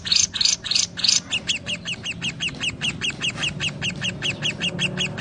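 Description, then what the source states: Lovebird gives four loud harsh notes, followed by a steady series of quicker, softer high chirps repeated several times per second. Song style described as "konslet".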